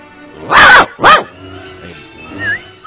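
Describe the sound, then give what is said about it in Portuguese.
A dog lets out two loud, sharp barks in quick succession, followed by a quieter stretch with only faint low sounds trailing off. “Aí não deu outro, o cachorro já veio.”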